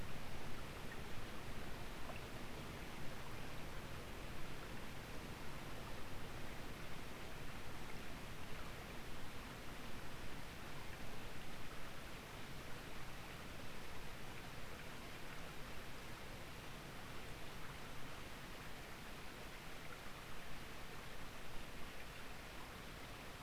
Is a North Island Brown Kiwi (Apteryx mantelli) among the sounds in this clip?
no